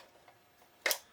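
A spring-loaded piece in the airsoft magazine/shell body of a G&G No.4 Lee Enfield is pushed a second time to release its push-push catch. A faint tick is heard at 0.3 s, then a sharp, bright snap at 0.9 s as the latch lets go and the piece springs back out, released.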